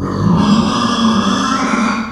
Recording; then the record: squeal of a Yucatan mini pig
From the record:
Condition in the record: after surgery on the right vocal fold (resection and tissue-engineered implant); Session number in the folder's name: 16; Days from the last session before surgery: 183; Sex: female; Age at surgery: 19 weeks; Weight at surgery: 25 kg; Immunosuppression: prednisolone